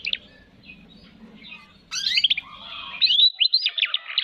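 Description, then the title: Canary song: a few soft notes, a quiet pause, then from about two seconds a loud run of fast sweeping trills and rolling warbles, with a low hum underneath. Canary singing energetically, with fine melodic phrasing and rich, elaborate inserted notes. "Kenari Gacor Cengkok Terbaik Isian Paling Mewah"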